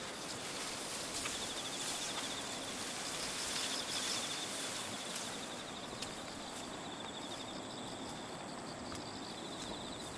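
Rain along the Tama River makes a dense, steady hiss that fills the whole clip with little change in level. A faint, high, rapidly pulsing chirp, like insects, runs through much of it, and a few sharp drips or taps stand out now and then.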